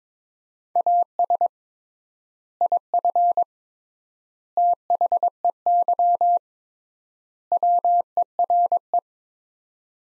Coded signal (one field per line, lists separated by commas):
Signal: Morse code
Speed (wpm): 22 wpm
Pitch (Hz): 700 Hz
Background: none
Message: AS IF THEY WERE